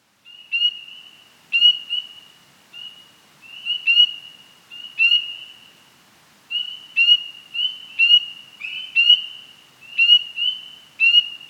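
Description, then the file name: Frogs calling, high steady whistled notes broken by sharp clicks, repeated about once a second with short pauses, over a quiet background. At night, heavy frog chorus. "Sound Ideas - Nighttime Nature Ambience with Heavy Frog Noise"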